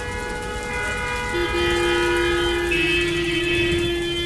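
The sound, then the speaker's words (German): An S-Bahn commuter train runs with a steady low rumble and a layered electric motor whine whose pitch steps upward partway through, growing slightly louder, with no voices. “Ich nehme Bus und S-Bahn und laufe noch eine Viertelstunde im Regen durch das trostlose, graue Gewerbegebiet.”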